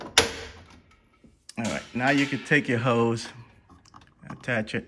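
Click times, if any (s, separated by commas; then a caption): 0.2 s. The plastic hold-down arm over a new ReadyRefresh AquaFlo filter cartridge in a bottom-load water dispenser is pressed down and gives a sharp, loud click at 0.2 s as it seats shut. Faint handling noises follow, then someone talks.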